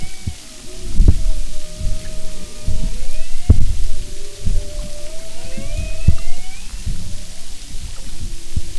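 Humpback whale song: drawn-out tonal moans and faint rising whistles overlap, with scattered sharp low thumps and pulses across a hissy underwater background.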